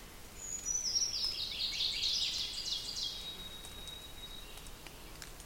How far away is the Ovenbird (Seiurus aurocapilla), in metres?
about 70 m